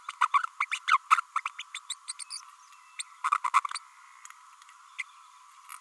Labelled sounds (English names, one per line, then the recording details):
Green-rumped Parrotlet babbling
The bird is a female
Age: 30 days
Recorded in a nest box in Venezuela
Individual 17B32A5